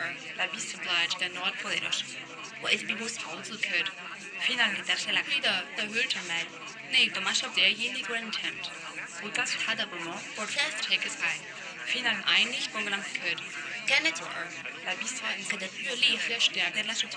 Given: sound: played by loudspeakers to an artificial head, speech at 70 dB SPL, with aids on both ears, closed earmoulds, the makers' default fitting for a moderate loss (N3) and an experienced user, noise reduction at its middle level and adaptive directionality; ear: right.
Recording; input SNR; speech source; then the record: speech test signal (ISTS) in cocktail-party noise; +3 dB; in front (0 degrees)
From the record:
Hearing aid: class 2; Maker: G